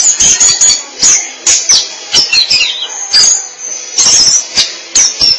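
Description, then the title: Oriental magpie-robin song, a rapid run of sharp chirps, clicks and high whistled notes in quick bursts, with brief pauses between phrases. "Suara Kicauan Burung Kacer"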